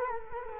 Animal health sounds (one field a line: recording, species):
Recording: mosquito wingbeat signal from an infrared sensor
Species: Culex quinquefasciatus